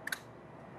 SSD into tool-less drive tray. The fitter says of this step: so you don't necessarily need to go and have like four screws and put them in this tray these things just pop into place so you just go snap